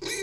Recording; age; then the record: pig call; weaner (32 to 43 days)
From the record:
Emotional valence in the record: negative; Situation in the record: long isolation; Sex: female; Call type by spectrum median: high-frequency call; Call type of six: high-frequency stable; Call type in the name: high-frequency stable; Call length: 0.23 s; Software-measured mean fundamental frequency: 456 Hz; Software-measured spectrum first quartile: 1014 Hz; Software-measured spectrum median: 2649 Hz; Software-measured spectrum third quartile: 5915 Hz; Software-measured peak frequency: 380 Hz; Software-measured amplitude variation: 78 dB a second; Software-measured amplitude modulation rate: 13.2 a second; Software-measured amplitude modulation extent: 5.9 dB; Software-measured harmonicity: 4.0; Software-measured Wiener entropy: -2.16